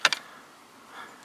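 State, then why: Seated. A plastic seat trim piece on the passenger seat of a 2012 BMW E93, worked on while fitting the passenger occupancy sensor, is centered and pressed firmly upward onto the seat frame. It snaps into place with two sharp clicks at 0.1 s and 0.1 s, the first louder than the second. A faint low hum rises briefly around 1.0 s.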